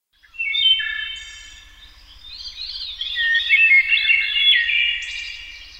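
A flock of birds sings in trees, many high, twittering chirps and trills overlapping into a steady, busy chorus that swells and dips for several seconds over a faint low hum.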